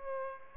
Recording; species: mosquito wingbeat signal from an infrared sensor; Aedes aegypti